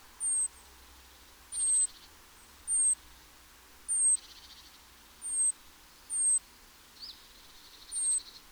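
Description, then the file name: Great tit calls: high, thin, descending notes about once a second, with a few short buzzy churrs, against a faint low background hum. "Parus major"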